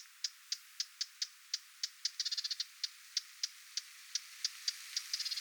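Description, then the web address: Lesser whitethroat giving regular dry clicks, then two quick rattling bursts amid the single notes. Adult parent bird giving alarm or attention calls near its recently fledged young, 20 July 2026. "paivat 20 7 2026 hernekerttulintuemon huomioaantelya lentopoikastensa lahella"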